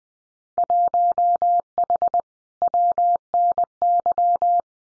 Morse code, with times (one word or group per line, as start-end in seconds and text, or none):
0.6-2.2 1H
2.6-4.6 WNY